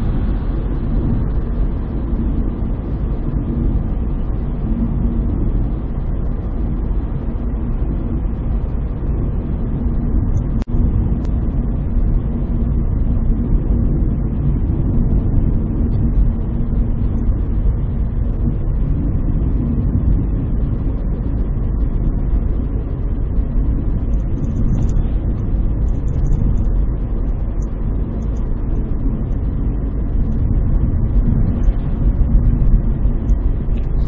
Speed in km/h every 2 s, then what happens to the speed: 63, 64, 64, 64, 64, 63, 61, 61, 60, 60, 59, 58, 59, 59, 58, 56, 58.
0-34 steady at about 60.